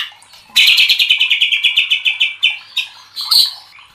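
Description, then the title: White-rumped shama song opening with a fast run of bright repeated notes for about two seconds, then a few separate notes and a short buzzy flourish. Used to train cage birds (masteran). "MASTERAN MURAI BATU LABAIK"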